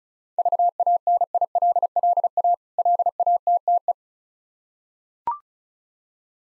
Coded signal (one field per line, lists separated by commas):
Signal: Morse code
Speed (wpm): 36 wpm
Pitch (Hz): 700 Hz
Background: none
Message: VANILLA LATTE